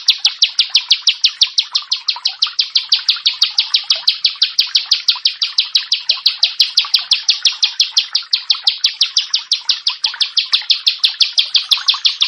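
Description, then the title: Prinia singing a long, unbroken run of sharp, high notes, evenly repeated several times a second without pause. "Ciblek Sawah"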